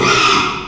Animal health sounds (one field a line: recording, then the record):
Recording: squeal of a Yucatan mini pig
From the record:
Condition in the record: after surgery on the right vocal fold (resection and tissue-engineered implant)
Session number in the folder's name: 1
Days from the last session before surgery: 6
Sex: male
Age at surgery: 12 weeks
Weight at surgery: 13 kg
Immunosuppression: cyclosporine, prednisolone